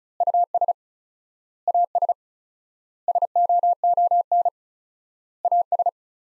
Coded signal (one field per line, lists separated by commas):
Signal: Morse code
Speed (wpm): 35 wpm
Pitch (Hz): 700 Hz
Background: none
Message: US AS SOON AS